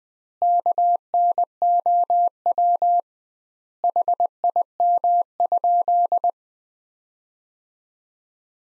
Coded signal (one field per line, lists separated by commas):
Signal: Morse code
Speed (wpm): 21 wpm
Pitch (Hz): 700 Hz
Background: none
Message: KNOW HIM?